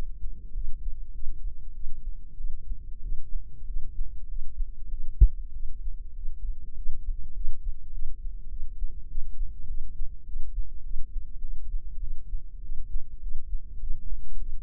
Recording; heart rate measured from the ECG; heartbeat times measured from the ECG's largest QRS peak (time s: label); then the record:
heart sounds by microphone in the left ear; 100 bpm
0.53 s: heartbeat
1.12 s: heartbeat
1.73 s: heartbeat
2.36 s: heartbeat
3.01 s: heartbeat
3.65 s: heartbeat
4.27 s: heartbeat
4.89 s: heartbeat
5.52 s: heartbeat
6.15 s: heartbeat
6.75 s: heartbeat
7.33 s: heartbeat
7.91 s: heartbeat
8.49 s: heartbeat
9.07 s: heartbeat
9.66 s: heartbeat
10.25 s: heartbeat
10.82 s: heartbeat
11.40 s: heartbeat
12.00 s: heartbeat
12.61 s: heartbeat
13.20 s: heartbeat
13.79 s: heartbeat
14.37 s: heartbeat
From the record:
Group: healthy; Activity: cold pressor test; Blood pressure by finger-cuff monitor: 107/77 mmHg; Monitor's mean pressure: 89 mmHg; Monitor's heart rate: 100 bpm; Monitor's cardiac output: 8 L/min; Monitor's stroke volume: 80 mL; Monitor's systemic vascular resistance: 810 dyn s/cm5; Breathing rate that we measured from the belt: 20 breaths a minute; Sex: female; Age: 22 years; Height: 157 cm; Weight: 47.6 kg